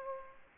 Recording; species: mosquito wingbeat signal from an infrared sensor; Aedes aegypti